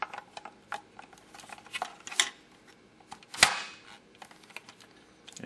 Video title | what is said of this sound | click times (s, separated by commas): Replacing Your Davis Weather Transmitter | you can hear it snap into place there. | 3.4 s